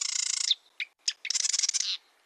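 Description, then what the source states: Marsh wren singing a grating, mechanical rattle, two sharp notes, then another long buzzy trill. Song said to resemble the grating of a rusty hinge or air bubbles through mud; usually forages out of view among cattails, popping up only briefly.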